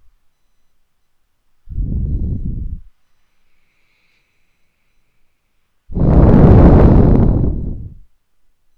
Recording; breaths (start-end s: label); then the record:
nose breathing near a microphone
1.71-3.03 s: exhalation
3.03-5.93 s: inhalation
5.93-8.35 s: exhalation
From the record:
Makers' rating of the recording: medium